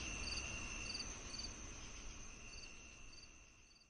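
Cricket chirping in short pulsed bursts with a longer pause in the middle, over a steady high insect drone and broad background hiss.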